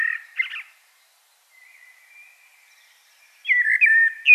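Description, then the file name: Common blackbird song: a short warbled fragment at the start, a faint thin whistle, then a clearer fluty phrase with a squeaky high ending. "Turdus merula"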